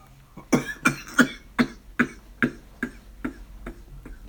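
A run of about nine short, dry coughs in quick succession, fading in strength: a brief coughing fit in an adult, brought on by drinking herbal tea.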